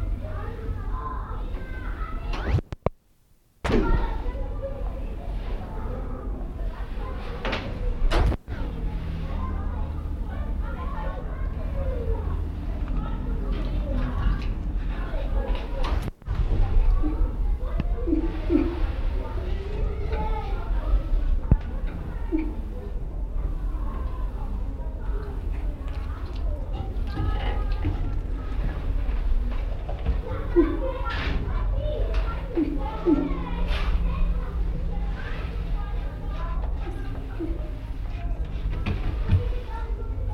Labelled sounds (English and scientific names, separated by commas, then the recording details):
Silvery Javan Gibbon (Hylobates moloch)
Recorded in captivity
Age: adult
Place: Zoo Rostock, Mecklenburg-Vorpommern, DE
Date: 1972-10-11
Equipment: Uher 4200 Report Monitor, Verstärker, Sennheiser MD 421
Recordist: Tembrock, Günter